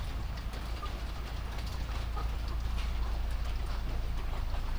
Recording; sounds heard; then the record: poultry house recording; sick chickens (respiratory disease)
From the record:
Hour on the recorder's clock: 0